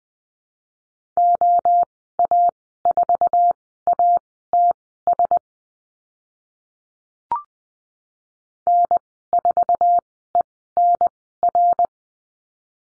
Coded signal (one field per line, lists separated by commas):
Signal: Morse code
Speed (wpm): 20 wpm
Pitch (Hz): 700 Hz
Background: none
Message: OA4ATS N4ENR